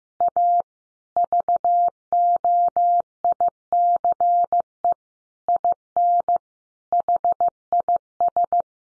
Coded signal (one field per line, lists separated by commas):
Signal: Morse code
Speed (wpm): 15 wpm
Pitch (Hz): 700 Hz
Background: none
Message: A VOICE IN HIS